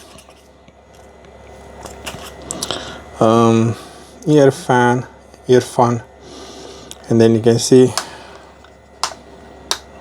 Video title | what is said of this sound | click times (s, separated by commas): Earfun Kids Headphones Wired, limited volume 85dBA - Unboxing #earfun #headphones | there's a satisfying click when you put them in position. | 9.0 s, 9.7 s